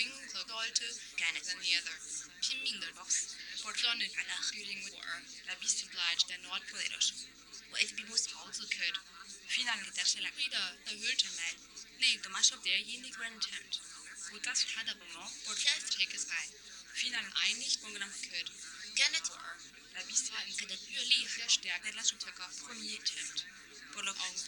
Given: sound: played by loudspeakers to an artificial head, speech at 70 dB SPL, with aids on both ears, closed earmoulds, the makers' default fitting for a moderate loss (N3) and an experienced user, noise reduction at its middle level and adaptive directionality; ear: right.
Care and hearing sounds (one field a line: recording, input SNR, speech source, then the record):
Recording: speech test signal (ISTS) in cocktail-party noise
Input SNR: 0 dB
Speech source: on the right (90 degrees)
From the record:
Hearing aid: class 1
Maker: J